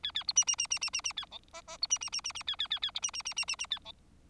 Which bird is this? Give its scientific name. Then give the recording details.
Lonchura striata domestica. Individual Bird4